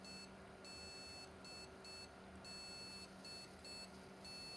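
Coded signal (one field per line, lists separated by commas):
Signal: beep code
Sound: high electronic beeps repeating: one long beep then two short beeps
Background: faint background hum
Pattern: 1 long, 2 short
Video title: PC ISSUE 1 long beep 2 short beeps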